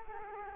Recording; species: mosquito wingbeat signal from an infrared sensor; Culex quinquefasciatus